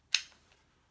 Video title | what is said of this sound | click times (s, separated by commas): Airsoft Glocks! KJW vs. WE vs. Elite Force/Umarex | Okay, nice solid click, you heard it. | 0.1 s